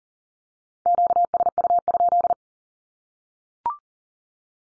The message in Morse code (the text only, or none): QSU?